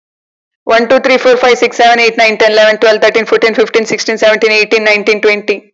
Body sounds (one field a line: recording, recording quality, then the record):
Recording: counting at a fast pace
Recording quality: excellent, no background noise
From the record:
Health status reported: COVID-19 positive, mild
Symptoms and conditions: sore throat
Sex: female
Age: 33 years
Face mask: not worn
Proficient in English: yes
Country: India